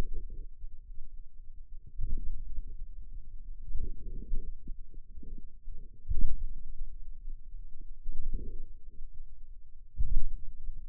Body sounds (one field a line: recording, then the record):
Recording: forearm muscle sounds (acoustic myography)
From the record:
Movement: outward rotation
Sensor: system 2, bracelet of six BSWA MPA416 microphones around the upper forearm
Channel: 6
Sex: male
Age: 22 years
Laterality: right